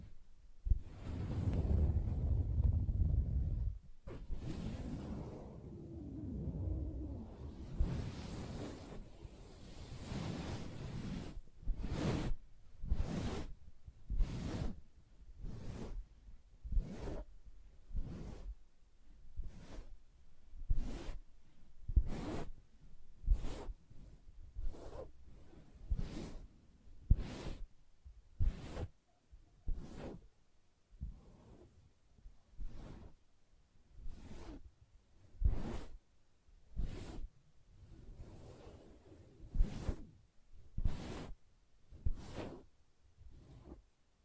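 Soft fabric surface rubbed and scratched in a dense low rustle for ten seconds, then tapped in regular bright strikes about twice per second.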